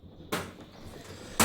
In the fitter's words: whole where the io Shield that's actually designed for the io shield and it will just kind of pop into